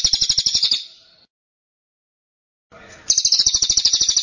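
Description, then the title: Bird song, a brisk high chirping trill that fades into a long silence, then returns after a faint rustle as a loud rapid chatter. Track meant to make a listener's own bird join in singing immediately. "Burung Anda Langsung Ikut"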